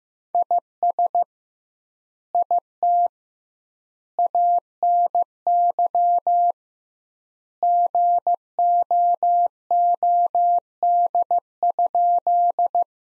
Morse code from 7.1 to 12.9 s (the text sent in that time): GOOD?